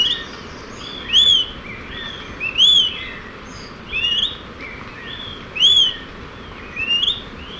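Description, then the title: Smoke-colored pewee giving short arched whistles, repeated roughly every one and a half seconds, each sharp and slightly rising then falling, with softer notes between and steady hiss. Subspecies ardosiacus. "LuckyPassaro Completos2Sama. Smoke-colored Pewee (Contopus fumigatus ardosiacus)"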